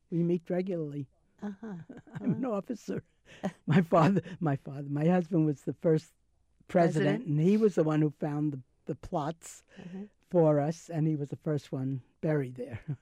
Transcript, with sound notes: We meet regularly. I'm an officer! (Laughs) My father -- my father -- my husband was the first president and he was the one who found the, the plots for us and he was the first one buried there.